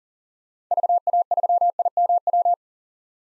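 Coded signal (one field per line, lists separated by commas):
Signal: Morse code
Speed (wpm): 40 wpm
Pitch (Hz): 700 Hz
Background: none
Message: VA3IMW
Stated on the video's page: Morse practice at 40 wpm: common POTA hunter call signs, each sent, spoken, then sent again for head-copy.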